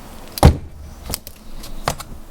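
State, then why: Not seated. A camper entry door is swung toward a newly mounted metal hold-open catch on the exterior wall, a catch that was bent down a little to make it work. A loud knock near 0.4 s is followed by sharper, lighter taps at about 1.1 s and 1.9 s. Nothing has seated or locked in yet.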